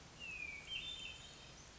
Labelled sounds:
Hermit Thrush (Catharus guttatus)
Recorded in Sonoma County, California

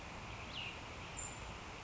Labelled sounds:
Cassin's Vireo (Vireo cassinii)
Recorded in Sonoma County, California

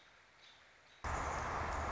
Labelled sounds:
American Robin (Turdus migratorius)
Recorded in Sonoma County, California

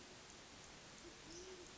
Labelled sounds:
Band-tailed Pigeon (Patagioenas fasciata)
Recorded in Sonoma County, California

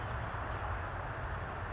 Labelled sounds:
Blue-gray Gnatcatcher (Polioptila caerulea)
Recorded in Sonoma County, California

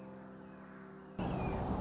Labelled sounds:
Red-shouldered Hawk (Buteo lineatus)
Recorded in Sonoma County, California

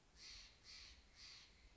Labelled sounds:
Steller's Jay (Cyanocitta stelleri)
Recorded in Sonoma County, California

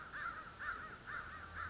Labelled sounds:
American Crow (Corvus brachyrhynchos)
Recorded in Sonoma County, California

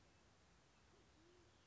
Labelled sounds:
Band-tailed Pigeon (Patagioenas fasciata)
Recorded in Sonoma County, California

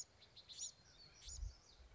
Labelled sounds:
Bewick's Wren (Thryomanes bewickii)
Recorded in Sonoma County, California

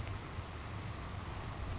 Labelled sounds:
Savannah Sparrow (Passerculus sandwichensis)
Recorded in Sonoma County, California

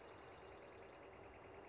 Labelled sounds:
Northern Flicker (Colaptes auratus)
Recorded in Sonoma County, California

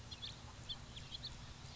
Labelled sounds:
House Finch (Haemorhous mexicanus)
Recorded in Sonoma County, California

